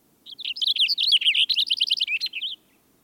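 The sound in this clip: Cassin's finch gives a hurried, varied warbling song of sweet slurred notes and twitters, about two seconds long, with faint low background hum.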